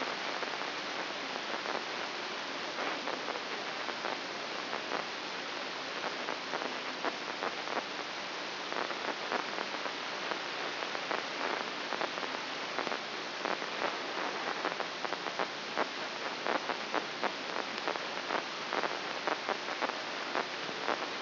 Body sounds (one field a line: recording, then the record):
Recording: brain microelectrode recording played as sound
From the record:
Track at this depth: inside the subthalamic nucleus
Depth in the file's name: 6.705 mm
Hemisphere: left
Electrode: 3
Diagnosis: Parkinson's disease